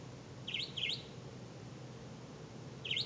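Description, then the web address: Bird calls: two quick high chirps in succession, then a third after a pause, over low rumbling background noise. "misc bird"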